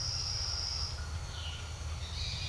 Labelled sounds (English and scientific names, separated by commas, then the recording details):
Violaceous Jay (Cyanocorax violaceus)
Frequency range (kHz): Violaceous Jay (Cyanocorax violaceus) 1.8-5.0 kHz
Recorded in secondary vegetation near Puerto Asís, Putumayo, Colombia, on 9 March 2025 at 07:30
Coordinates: 0.498, -76.327
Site G001